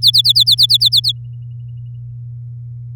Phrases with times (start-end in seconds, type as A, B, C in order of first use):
0.02-1.12 A